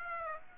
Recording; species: mosquito wingbeat signal from an infrared sensor; Aedes aegypti